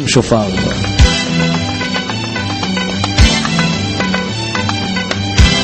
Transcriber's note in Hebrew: מחיאות כפיים